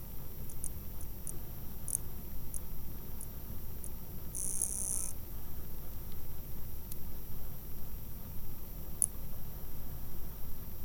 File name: DAUPHIN RISSO extrait 2 ralenti 4 fois